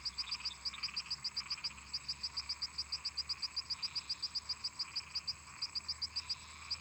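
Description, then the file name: Toad calling: rapid, high, clicking pulses repeated several times a second in a fast steady series. Toads singing in a marsh. "Sapos cantando no brejo"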